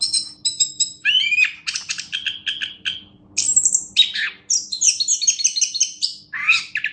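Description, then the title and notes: Orange-headed thrush delivering rapid repeated chirps, then a series of high whistles and buzzy phrases, with a soft hum underneath. Competition-winning singer, described as a national champion. "Anis Kembang Juara Nasional. kicau anis kembang"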